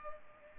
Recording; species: mosquito wingbeat signal from an infrared sensor; Culex pipiens